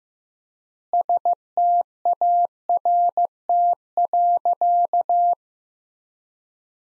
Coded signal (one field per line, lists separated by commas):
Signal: Morse code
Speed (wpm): 15 wpm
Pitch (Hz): 700 Hz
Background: none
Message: START.